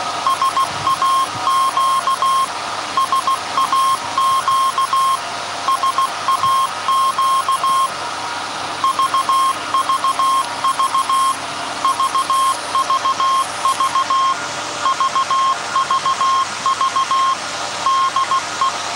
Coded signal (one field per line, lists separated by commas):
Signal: Morse code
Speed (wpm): 16 wpm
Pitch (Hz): 1070 Hz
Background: none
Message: SAQ SAQ SAQ VVV VVV VVV DE